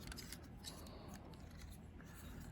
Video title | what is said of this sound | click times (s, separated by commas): Transformers Tuesday! Bumblebee & Snarlsaber Rise of the Beasts Beast Alliance Beast Combiner 2-Pack | Not feeling it locking into place. | none